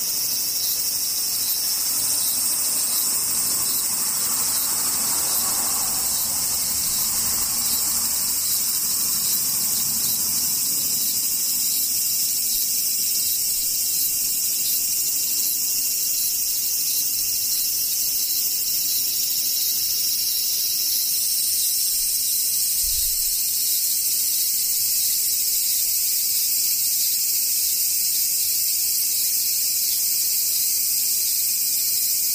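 Cicadas shrill in a dense, unbroken high buzz throughout, with a faint low rumble early on and a brief thump around 23 seconds.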